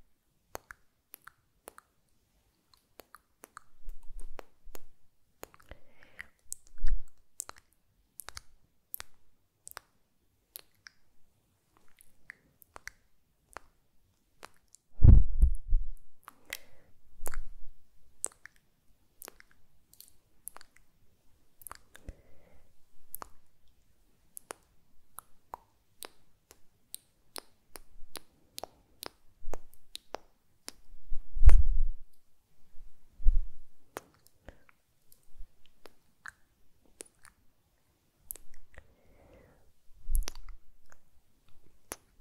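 Wet mouth sounds and kissing smacks click irregularly, with heavier low bursts near 15 and 32 seconds.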